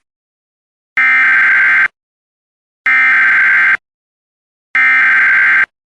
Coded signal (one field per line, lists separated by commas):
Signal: Emergency Alert System (SAME) tones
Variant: header bursts